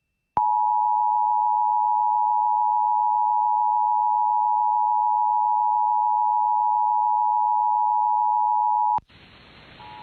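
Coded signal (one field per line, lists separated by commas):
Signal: Emergency Alert System (SAME) tones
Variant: 853 and 960 Hz attention tone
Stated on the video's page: Statewide Required Monthly Test of the Emergency Alert System in Minnesota, shown with WeatherSTAR 4000.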